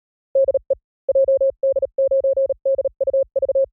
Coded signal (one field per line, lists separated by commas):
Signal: Morse code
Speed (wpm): 37 wpm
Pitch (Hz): 540 Hz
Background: none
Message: DE JD9DUV